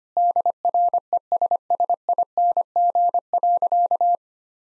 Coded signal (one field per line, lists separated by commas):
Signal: Morse code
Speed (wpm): 25 wpm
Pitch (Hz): 700 Hz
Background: none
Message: DRESSING.